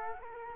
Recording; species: mosquito wingbeat signal from an infrared sensor; Culex quinquefasciatus